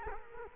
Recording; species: mosquito wingbeat signal from an infrared sensor; Culex quinquefasciatus